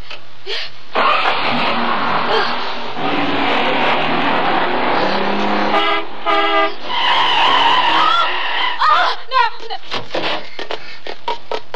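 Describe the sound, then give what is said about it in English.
A car engine roars steadily through traffic noise, then a horn blares in two loud bursts, followed by a wavering tire squeal and jolting clatter as a taxi swerves. “That taxi, it's swerved right in front of us.”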